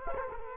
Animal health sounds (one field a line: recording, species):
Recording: mosquito wingbeat signal from an infrared sensor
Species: Culex quinquefasciatus